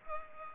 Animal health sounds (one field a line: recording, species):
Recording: mosquito wingbeat signal from an infrared sensor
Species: Culex pipiens